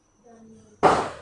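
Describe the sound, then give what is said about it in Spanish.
A single sharp, loud pop like a gunshot from a tejo game, bursting suddenly and fading over a fraction of a second, right after a brief stretch of someone talking. “Ay, ya nos están echando balazo.”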